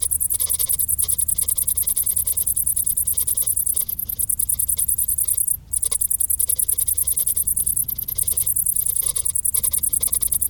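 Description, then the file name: Cricket song, a shrill high pulsed trill repeating rapidly and evenly, briefly broken a few times, with soft background rumble. "Grillen"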